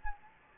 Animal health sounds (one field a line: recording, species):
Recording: mosquito wingbeat signal from an infrared sensor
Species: Anopheles gambiae